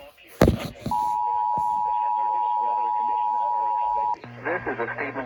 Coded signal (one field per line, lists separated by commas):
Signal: Emergency Alert System (SAME) tones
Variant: 853 and 960 Hz attention tone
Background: speech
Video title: Brrrrrrr Festival EAS 1087 1120